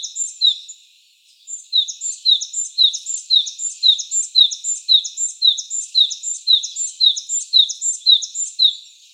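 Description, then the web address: Japanese tit repeating a bright, regular two-note phrase about twice per second, a high sibilant note and a lower one, resuming after a short pause. Recorded 17 March 2017. "birdenaga sijukara 170317"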